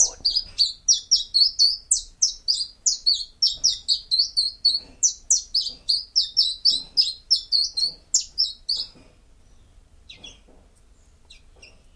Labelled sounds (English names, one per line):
Common Chiffchaff song